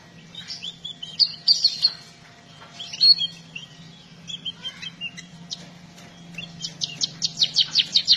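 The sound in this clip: Red-throated parrotfinch calls: scattered thin, high chirps at first, then a quick, evenly spaced run of sharp tsit notes near the end.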